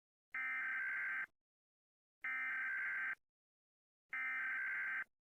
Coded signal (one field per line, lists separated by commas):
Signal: Emergency Alert System (SAME) tones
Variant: header bursts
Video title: rating EAS alarms! (myself) (help me)